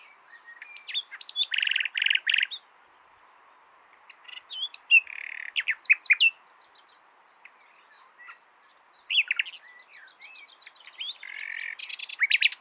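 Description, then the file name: Common nightingale singing separate phrases, each mixing buzzy rapid trills with sharp chirps and whistles, with short pauses between phrases. "Luscinia megarhynchos"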